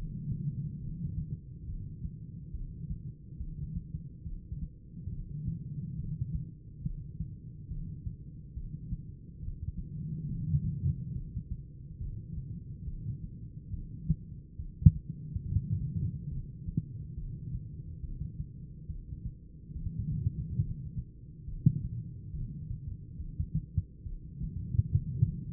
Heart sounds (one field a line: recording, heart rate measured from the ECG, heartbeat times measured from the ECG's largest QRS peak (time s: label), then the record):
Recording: heart sounds by stethoscope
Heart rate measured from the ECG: 70 bpm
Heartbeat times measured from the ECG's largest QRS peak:
0.78 s: heartbeat
1.63 s: heartbeat
2.49 s: heartbeat
3.36 s: heartbeat
4.22 s: heartbeat
5.08 s: heartbeat
5.94 s: heartbeat
6.80 s: heartbeat
7.66 s: heartbeat
8.52 s: heartbeat
9.38 s: heartbeat
10.25 s: heartbeat
11.10 s: heartbeat
11.96 s: heartbeat
12.82 s: heartbeat
13.69 s: heartbeat
14.55 s: heartbeat
15.41 s: heartbeat
16.27 s: heartbeat
17.13 s: heartbeat
17.99 s: heartbeat
18.85 s: heartbeat
19.71 s: heartbeat
20.57 s: heartbeat
21.43 s: heartbeat
22.29 s: heartbeat
23.15 s: heartbeat
24.02 s: heartbeat
24.88 s: heartbeat
From the record:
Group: heart failure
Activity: rest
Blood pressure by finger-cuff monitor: 173/75 mmHg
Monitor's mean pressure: 115 mmHg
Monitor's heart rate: 70 bpm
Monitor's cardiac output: 10.7 L/min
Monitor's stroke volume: 154 mL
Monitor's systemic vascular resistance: 770 dyn s/cm5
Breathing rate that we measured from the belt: 12 breaths a minute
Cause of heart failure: idiopathic cardiomyopathy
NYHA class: 2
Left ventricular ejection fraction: 51%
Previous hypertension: present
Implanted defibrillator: present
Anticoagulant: apixaban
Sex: female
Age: 61 years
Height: 163 cm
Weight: 111 kg